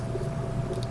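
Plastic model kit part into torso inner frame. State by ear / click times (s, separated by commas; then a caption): not seated / none. A plastic model kit part is handled and held against the inner frame of a model robot kit torso, with a steady low hum and faint rustling underneath. No distinct click is heard, and the part has not snapped into place yet.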